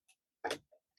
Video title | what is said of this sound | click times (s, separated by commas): NECA Hudson-- Gargoyles Ultimate Action Figure | Snaps right in. | 0.5 s